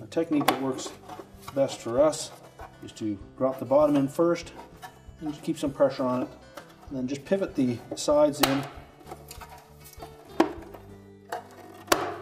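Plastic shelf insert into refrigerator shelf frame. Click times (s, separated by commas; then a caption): 10.4 s, 11.9 s. A plastic shelf insert for a GE refrigerator is dropped bottom-first into the refrigerator shelf frame, pivoted at the side and spread slightly while someone talks over background music. Sharp snaps at 10.4 s and 11.9 s mark the insert seating into the shelf frame.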